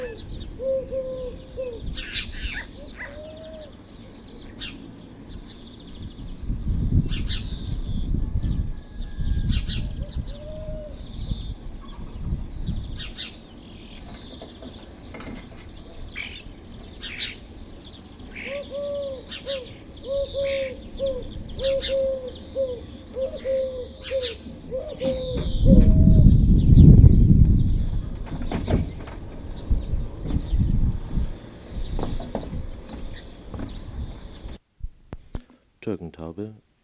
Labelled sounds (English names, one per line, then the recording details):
Eurasian Collared Dove
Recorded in the wild
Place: Bergen, Gartenstraße 21, Mecklenburg-Vorpommern, DE
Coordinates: 54.41, 13.43
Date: 1969-04-04
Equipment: NAGRA III BH, Sennheiser MD 421
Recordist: Schubert, Michael